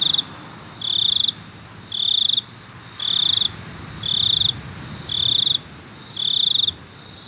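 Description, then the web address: Cricket producing steady pulsed chirps near one per second, each burst buzzy and high, separated by brief gaps with faint background noise. "best service Blue Box animals crickets"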